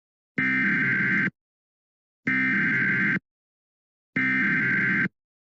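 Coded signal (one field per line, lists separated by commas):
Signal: Emergency Alert System (SAME) tones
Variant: header bursts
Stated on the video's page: Simulated EAS scenario, a fictional Duolingo-themed warning.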